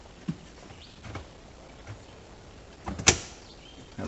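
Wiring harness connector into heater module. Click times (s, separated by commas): 3.1 s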